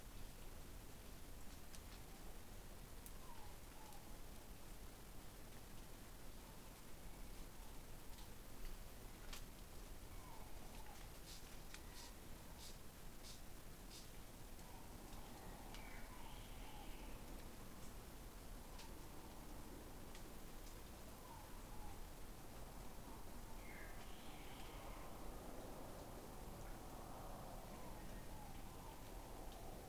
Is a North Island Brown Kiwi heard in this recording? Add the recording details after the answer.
no. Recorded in New Zealand on 20 November 2013. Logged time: 21:14. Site CG22